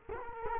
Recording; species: mosquito wingbeat signal from an infrared sensor; Culex quinquefasciatus